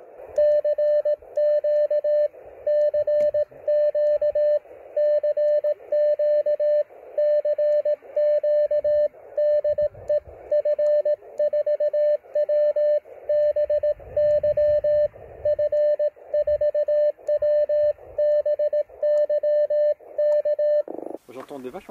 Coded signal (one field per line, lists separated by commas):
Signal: Morse code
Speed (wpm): 18 wpm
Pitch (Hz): 600 Hz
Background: speech, radio noise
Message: CQ CQ CQ CQ DE F4WBY F4WBY K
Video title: La Madone d'Utelle Field Radio Operations.